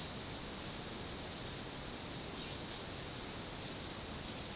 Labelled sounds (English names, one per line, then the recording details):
none
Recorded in secondary vegetation near Puerto Asís, Putumayo, Colombia, on 18 February 2024 at 12:00
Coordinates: 0.472, -76.331
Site G6371